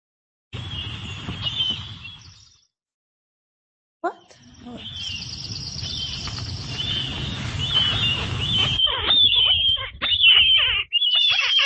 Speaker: And I'm going to play a little audio clip of what murrelets sound like.